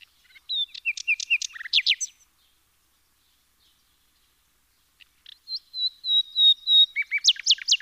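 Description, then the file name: Common nightingale singing two phrases of varied whistles and sharp rapid notes, separated by a few seconds of silence; the second opens with a steady whistled note. "Luscinia megarhynchos"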